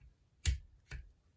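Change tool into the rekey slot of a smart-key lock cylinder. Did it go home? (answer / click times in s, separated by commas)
yes / 0.5 s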